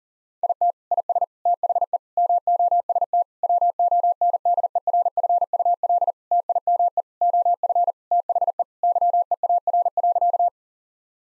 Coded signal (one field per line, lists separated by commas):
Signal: Morse code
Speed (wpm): 37 wpm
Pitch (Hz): 700 Hz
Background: none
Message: IT IS THE MOST WONDERFUL TIME OF THE YEAR.